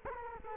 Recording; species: mosquito wingbeat signal from an infrared sensor; Culex quinquefasciatus